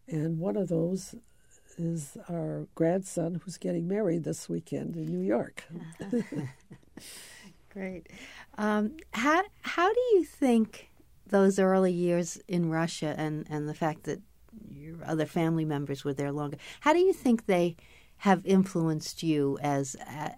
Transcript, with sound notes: and one of those is our grandson who's getting married this weekend in New York.
Uh-huh. [chuckles] Great. How — how do you think those early years in Russia and — and the fact that your other family members were there long — how do you think they have influenced you as